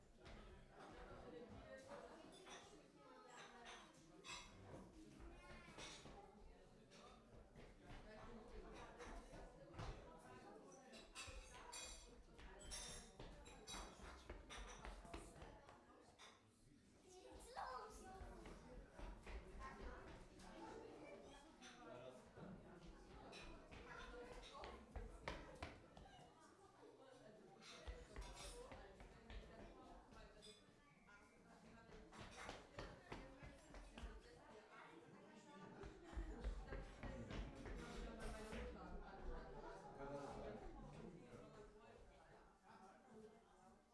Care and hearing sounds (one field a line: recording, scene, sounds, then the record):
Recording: everyday scene through a hearing-aid microphone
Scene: many people talking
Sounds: footsteps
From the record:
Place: parish hall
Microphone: behind the ear, right, rear